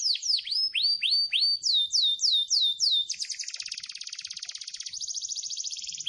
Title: Kenari Gacor